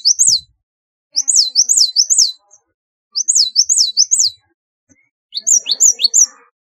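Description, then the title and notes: Java sparrow chirping, clean high peaked notes in groups of about three, separated by silent gaps of about a second. "Kicau Burung Gelatik"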